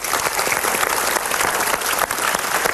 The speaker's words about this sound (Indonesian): Kita berikan tepuk tangan untuk pilihan Anda.